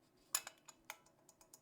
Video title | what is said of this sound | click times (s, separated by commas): Help! My Trumpet Won’t Play! (Band Director to the Rescue) | push the valve down in and you should hear it click | 0.3 s